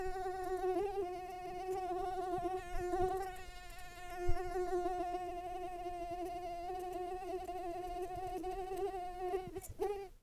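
Mosquito wing buzz, a steady high whine holding one pitch with rich overtones, wavering slightly in strength for about ten seconds before cutting off.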